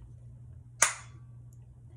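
A lid is pressed onto a stainless steel travel tumbler and snaps on with a single sharp click at 0.8 s over a low steady hum, with a faint tick near 1.5 s. The lid is seated, hard to pop open, and does not spill.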